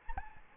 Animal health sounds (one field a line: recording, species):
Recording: mosquito wingbeat signal from an infrared sensor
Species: Aedes albopictus